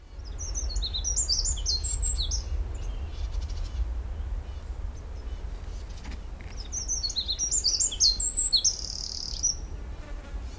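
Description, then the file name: Eurasian wren song: two rapid bursts of high, tinkling notes and trills, each a few seconds long, separated by a pause, over a steady low rumble. "Troglodytes troglodytes"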